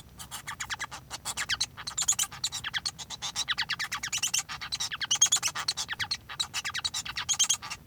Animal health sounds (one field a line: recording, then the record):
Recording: song of a male Bengalese finch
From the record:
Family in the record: son of father 1